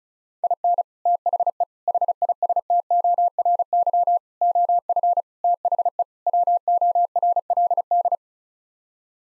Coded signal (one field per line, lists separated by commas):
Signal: Morse code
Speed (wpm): 36 wpm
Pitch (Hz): 700 Hz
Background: none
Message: IN THE HISTORY OF THE WORLD